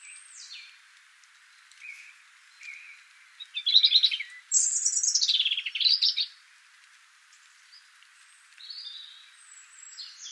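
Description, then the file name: European robin song: scattered thin high notes, then a loud rich burst of twittering and a long swooping warbled phrase, followed by quieter high whistles. "Erithacus rubecula"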